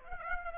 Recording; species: mosquito wingbeat signal from an infrared sensor; Aedes aegypti